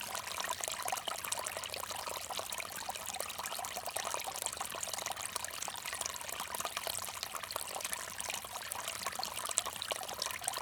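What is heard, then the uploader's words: Water trickles steadily from a small bamboo fountain, a dense, continuous patter of tiny splashes and drips with no pauses. The sound is bright, sitting mostly in the upper range with little low rumble, and stays even throughout. Small Bamboo Fountain.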